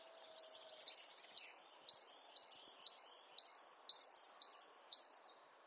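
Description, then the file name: Great tit delivering a long, even series of paired whistles, a short high note followed by a slightly lower sustained one. "Parus major"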